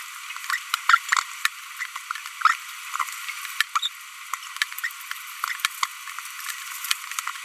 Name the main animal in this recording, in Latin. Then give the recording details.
Forpus passerinus. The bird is a female. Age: 25 days. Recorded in a nest box in Venezuela. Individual 17B42B1